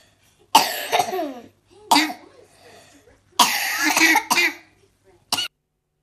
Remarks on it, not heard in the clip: It's the sound of a child coughing, your child coughing. The six-year-old. 6-year-old with croup again already this year. It takes our kids months and months to get over this. And we have to up all their medication, all their physio.